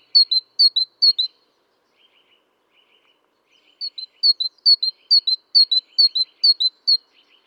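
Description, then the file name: Great tit gives a ringing two-note phrase in quick repeats, pauses briefly while faint chattering continues, then resumes the same steady see-saw series. "Parus major"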